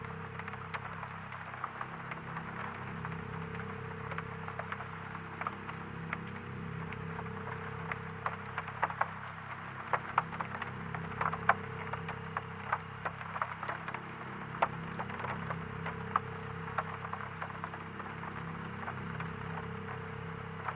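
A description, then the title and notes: Rain patters steadily at night, a dense, even crackle of drops with sharper single taps scattered throughout. Beneath it runs a constant low electrical hum with a faint pulsing drone, unchanging for the whole stretch. Rainy Neighborhood Night w/ a Spooky Vibe. Pouringrain.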